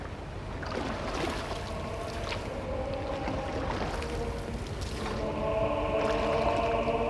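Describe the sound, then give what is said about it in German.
People board a boat and push off, and it moves off through the water amid a steady wash of splashing and churning, with a droning, tonal hum rising and growing louder in the last couple of seconds. “Jetzt steigen sie ins Boot. Sie stoßen ab.”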